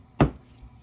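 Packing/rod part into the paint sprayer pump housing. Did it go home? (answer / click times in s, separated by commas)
yes / 0.2 s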